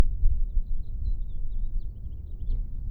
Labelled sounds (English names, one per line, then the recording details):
House Finch song
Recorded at Atlantic Beach West on Long Island, New York, on 2 June 1975
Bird B